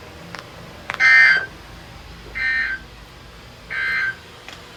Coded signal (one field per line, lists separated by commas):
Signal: Emergency Alert System (SAME) tones